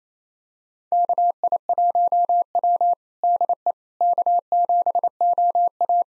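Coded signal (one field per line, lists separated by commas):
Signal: Morse code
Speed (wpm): 27 wpm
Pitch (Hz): 700 Hz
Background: none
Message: KI1W DE K7OA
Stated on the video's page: Morse call sign copy drill of 4-character US call sign pairs at 28 wpm, each pair sent, spoken, then sent again.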